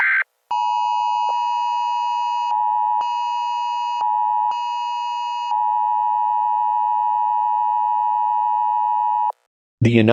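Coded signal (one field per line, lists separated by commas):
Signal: Emergency Alert System (SAME) tones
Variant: 853 and 960 Hz attention tone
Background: speech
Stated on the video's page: EAS scenario on a zombie theme, a fictional alert.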